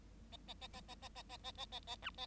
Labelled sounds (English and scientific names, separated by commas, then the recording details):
Bengalese Finch (Lonchura striata domestica) song
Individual Bird7